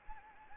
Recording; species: mosquito wingbeat signal from an infrared sensor; Anopheles arabiensis